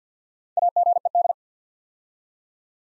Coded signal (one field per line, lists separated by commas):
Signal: Morse code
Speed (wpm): 50 wpm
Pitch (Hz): 700 Hz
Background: none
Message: AGED